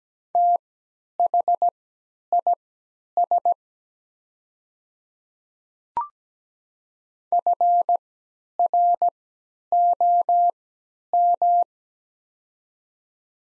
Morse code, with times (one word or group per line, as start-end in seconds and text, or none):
0.3-3.5 THIS
7.3-11.6 FROM